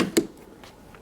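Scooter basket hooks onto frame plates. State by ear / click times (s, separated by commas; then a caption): seated / 0.2 s. The front basket of a Golden Buzzaround XL GB124A four-wheel scooter has its hooks lined up with the frame's mounting plates and is dropped into place, landing with one sharp knock at 0.2 s. A few faint ticks follow, then a brief sharp sound right at the end. The basket seats, and the scooter is fully assembled.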